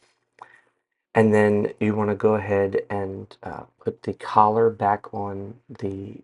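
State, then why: Seated. A new power steering return hose on a BMW E46 is pushed onto its fitting at the reservoir/line and clicks on at 0.4 s with a short, sharp click, seating it. Someone then talks.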